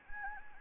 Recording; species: mosquito wingbeat signal from an infrared sensor; Anopheles gambiae